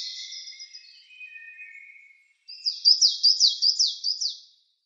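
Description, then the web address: Coal Tit: bird song: soft, lower drawn-out notes at first, then a loud series of high, sharply descending repeated notes. "Schulze Peter Coal Tit song"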